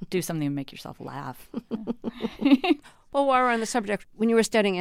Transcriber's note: laughter